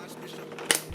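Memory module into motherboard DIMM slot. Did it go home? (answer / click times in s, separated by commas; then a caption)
yes / 0.7 s. A memory module, lined up with the notch in a motherboard DIMM slot, is pressed down with even pressure over a quiet background with a couple of faint taps. A sharp, solid click from the retention latch snapping comes at 0.7 s, and the stick is seated.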